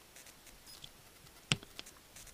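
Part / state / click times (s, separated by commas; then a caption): bearing seal into sealed ball bearing / seated / 1.5 s. A rubber seal is pressed back onto a sealed ball bearing after the bearing was repacked with grease. A sharp click at 1.5 seconds stands out over faint ticks and rustles, and the seal clicks into place and is seated.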